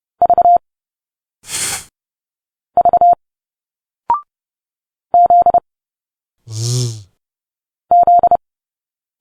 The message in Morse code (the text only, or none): V V Z Z